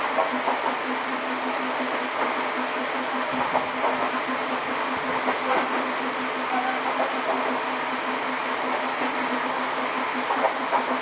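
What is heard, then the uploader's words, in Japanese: A Sotetsu New 7000 series train runs between Ebina and Yokohama with a steady rumbling roar, a constant low hum, and faint clicks throughout. 相鉄新7000系 海老名〜横浜。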